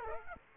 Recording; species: mosquito wingbeat signal from an infrared sensor; Aedes aegypti